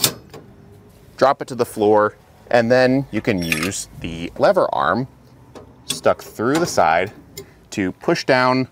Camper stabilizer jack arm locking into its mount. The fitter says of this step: then to get it set up it's just the same reverse process pulling it out it'll lock in in that downward position